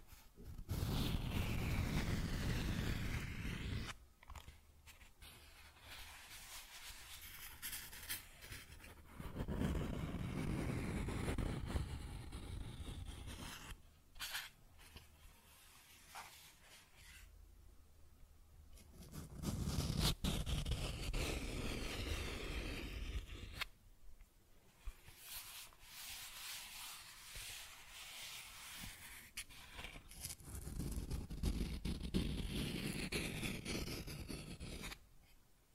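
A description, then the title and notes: Cardboard scratched and rubbed in loud rough bursts lasting several seconds each, around 0–4, 9–12, 20–24 and 29–34 seconds, with quieter scraping between. Cardboard Scratching, Tracing, Tearing.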